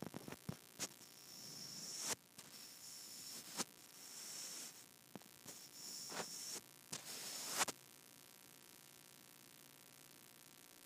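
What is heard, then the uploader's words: A microphone is rubbed against skin, giving soft, hissy scraping with a bright edge and sharp clicks and bumps scattered through the first eight seconds. The rubbing comes in uneven strokes, then stops abruptly, leaving only a faint steady hiss. ASMR Rubbing Microphone on my Skin.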